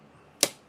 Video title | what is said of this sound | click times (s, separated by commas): Let's Work on some Bird Equipment! | There we go. Split ring's locked into place. That connector is not coming back out. | 0.4 s